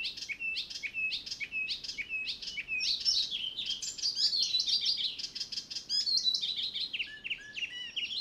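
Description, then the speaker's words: Icterine Warbler singing a fast, varied medley of repeated chattering phrases, each motif given a few times before switching. Winters in Africa; slowly increasing in southern Finland, 15,000–30,000 pairs, under one percent of Europe's total; breeds only in Europe; song heard just a few weeks a year; rarely noticed except by song. "Kultarinnan laulua kannattaa ihastella nyt, sillä sitä ei kuule kuin muutaman viikon koko vuonna. Eikä kultarintaa juuri koskaan huomaakaan muuten kuin laulusta."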